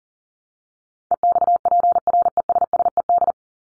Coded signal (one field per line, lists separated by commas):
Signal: Morse code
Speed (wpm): 40 wpm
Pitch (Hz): 700 Hz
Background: none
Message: EXPRESSED